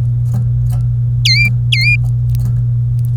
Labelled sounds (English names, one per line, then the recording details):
Domestic Canary song
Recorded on 25 April 2018 at 11:58
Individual llb3